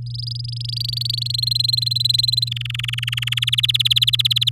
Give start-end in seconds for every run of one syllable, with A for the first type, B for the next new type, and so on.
0.06-1.32 A, 1.34-2.49 B, 2.51-3.39 C, 3.42-4.49 D